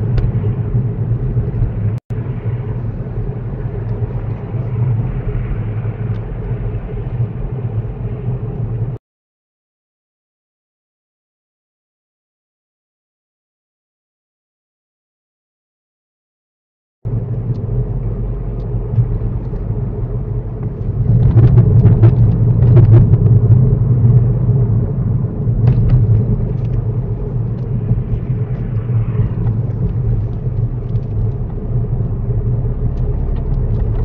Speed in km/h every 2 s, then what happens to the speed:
39, 39, 42, 42, 40, 37, 35, 39, 42, 42, 42, 42, 42, 40, 37, 40, 45.
0-5 steady at about 39. 5-12 slows to 35. 12-16 speeds up to 42. 16-28 steady at about 42. 28-34 speeds up to 45.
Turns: none.